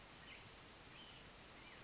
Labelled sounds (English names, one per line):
Chestnut-backed Chickadee